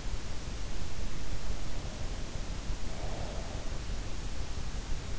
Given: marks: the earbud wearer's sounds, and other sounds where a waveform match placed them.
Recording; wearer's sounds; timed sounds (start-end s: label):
sounds in sleep by an in-ear microphone; breath
2.59-3.99 s: breath